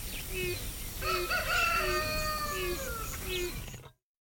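Grey crowned crane honking: several drawn-out, nasal trumpeting notes, some rising and bending, over a steady low rumbling background noise.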